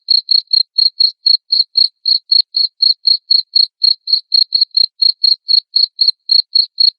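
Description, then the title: Cricket making a steady series of loud, high chirps, roughly four per second, without a break. Loud cricket chirping (ngerik), played to make lovebirds keep singing (ngekek). "Suara JANGKRIK NGERIK Keras Bikin LOVEBIRD Jadi NGEKEK Terus Vubey"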